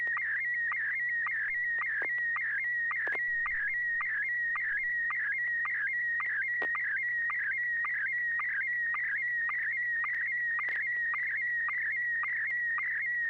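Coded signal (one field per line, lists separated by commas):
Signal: SSTV (slow-scan television)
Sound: steady warbling tone around 2 kHz, interrupted by short regular clicks about twice a second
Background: low mains hum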